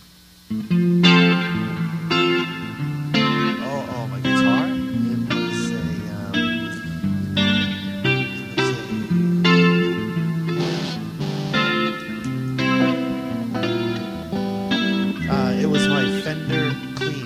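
Clean electric guitar tone through an emulated Twin Reverb amp with no effects on, bright and undistorted, plays a steady run of plucked chords and melodic single notes for about seventeen seconds, with no voices.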